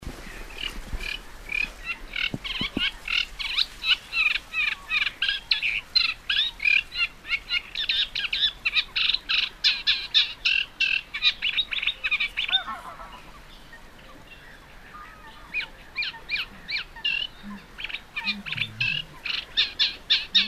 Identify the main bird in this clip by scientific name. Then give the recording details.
Acrocephalus scirpaceus. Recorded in the wild. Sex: male. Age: adult. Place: Warsow, Kummerower See, Mecklenburg-Vorpommern, DE. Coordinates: 53.8358, 12.8492. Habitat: wetland. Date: 2013-05-23 19:22. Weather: cloudy, weak wind, 15°C. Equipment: Sound Devices 702, Sennheiser MKH 70, Rycote Windschutz. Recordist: Frommolt, Karl-Heinz